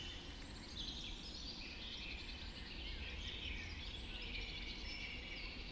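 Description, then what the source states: Birds forming a soft, continuous wash of high twittering song with no single voice standing out, over a heavy low rumble. Dawn chorus recorded just after dawn in the Forest of Dean.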